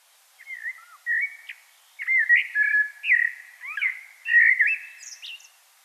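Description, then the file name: Common blackbird song, a string of short mellow whistled notes and slurs, rising into a brief high squeaky ending. "Turdus merula"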